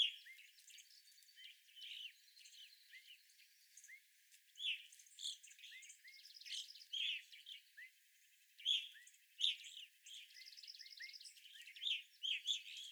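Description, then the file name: Evening grosbeaks calling, scattered clear chirps rising out of steady soft twittering chatter. Several evening grosbeaks, recorded on 25 April 2021. "2021-04-25 Evening Grosbeaks"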